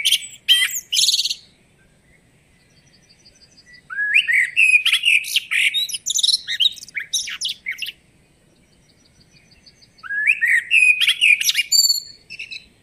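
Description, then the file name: Common blackbird delivering repeated song phrases, each with a mellow fluted opening and a squeaky high-pitched chattering ending. A faint thin trill is audible during the pauses. "Turdus merula"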